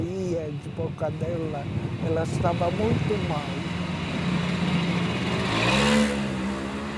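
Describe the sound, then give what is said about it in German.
A bus engine drones steadily as the bus drives out of Pinsk, its low hum rising in pitch toward the end as it speeds up. Muffled voices murmur briefly in the first few seconds. “Und so verlassen wir Pinsk. Großes Schweigen im Bus.”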